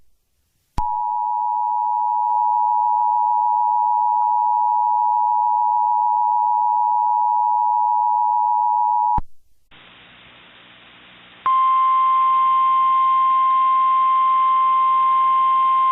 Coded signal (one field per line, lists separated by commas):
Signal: Emergency Alert System (SAME) tones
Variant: 853 and 960 Hz attention tone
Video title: (MY 2ND EVER) TORNADO EMERGENCY for Iowa! But what if the EAS was ACTIVATED for it? | (04/26/24)